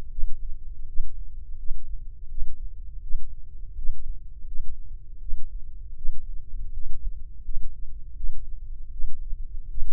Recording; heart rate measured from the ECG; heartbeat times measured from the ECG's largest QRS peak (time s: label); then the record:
heart sounds by microphone in the left ear; 81 bpm
0.09 s: heartbeat
0.85 s: heartbeat
1.56 s: heartbeat
2.28 s: heartbeat
3.00 s: heartbeat
3.75 s: heartbeat
4.45 s: heartbeat
5.19 s: heartbeat
5.95 s: heartbeat
6.71 s: heartbeat
7.42 s: heartbeat
8.14 s: heartbeat
8.90 s: heartbeat
9.68 s: heartbeat
From the record:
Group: healthy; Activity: rest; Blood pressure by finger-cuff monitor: 137/88 mmHg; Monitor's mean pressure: 101 mmHg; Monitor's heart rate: 82 bpm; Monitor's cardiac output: 6.6 L/min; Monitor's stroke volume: 81 mL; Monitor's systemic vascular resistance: 1130 dyn s/cm5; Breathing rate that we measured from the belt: 21 breaths a minute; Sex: male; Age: 21 years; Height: 180 cm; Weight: 67.5 kg